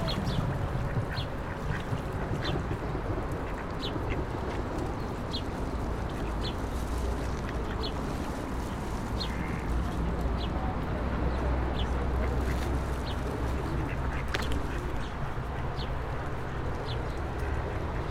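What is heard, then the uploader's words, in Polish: Ducks and pigeons on an old-town promenade, with a steady dense wash of low rumble and murmur throughout. Short high chirps and calls pop up every second or so, and occasional duck quacks and faint voices mix into the constant bustle. Kaczki i gołębie na Promenadzie Staromiejskiej. Lokalizacja: Stare Miasto. Kaczki i gołębie karmione przez przechodniów. Rekorder, mikrofon: sony pcm d50, mic rode nt4, FEL BMA preamplifier.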